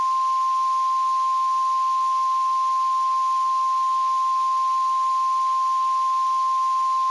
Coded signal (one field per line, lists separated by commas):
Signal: Emergency Alert System (SAME) tones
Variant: 1050 Hz attention tone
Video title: Spring Hell In Central Alabama (EAS Scenario)